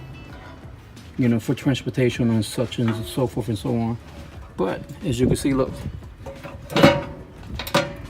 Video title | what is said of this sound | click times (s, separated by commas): AKORN KAMADO REVIEW/CHAR GRILLER AKORN KAMADO/AKORN KAMADO UNBOXING/CHAR GRILLER REVIEW/ASSEMBLING | it doesn't latch on that play maybe is my model and maybe has a default or | none